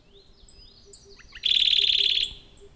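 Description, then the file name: Radde's warbler gives a loud buzzy rattling burst lasting under a second, preceded by faint thin high notes. "warbler-radde Phylloscopus-schwarzi"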